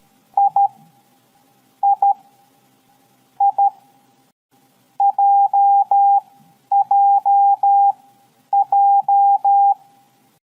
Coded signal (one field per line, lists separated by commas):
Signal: Morse code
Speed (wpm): 13 wpm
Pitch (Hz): 800 Hz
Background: none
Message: III JJJ